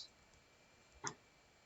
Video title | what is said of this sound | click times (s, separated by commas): (Part 1) BSA TENDERFOOT RANK - Complete Requirement Guide | blade around the base until you hear a slight click indicating that the blade is locked | 1.1 s